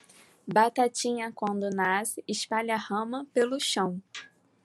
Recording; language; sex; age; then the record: short text; Brazilian Portuguese; female; 20 to 29 years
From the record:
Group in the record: control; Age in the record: 23 years